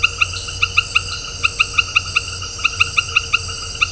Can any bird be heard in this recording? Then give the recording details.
no. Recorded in dense forest near Puerto Asís, Putumayo, Colombia, on 4 March 2025 at 18:00. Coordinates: 0.468, -76.322. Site GP01